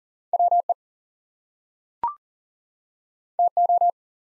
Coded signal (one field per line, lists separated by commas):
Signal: Morse code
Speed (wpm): 40 wpm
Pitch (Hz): 700 Hz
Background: none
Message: WE TO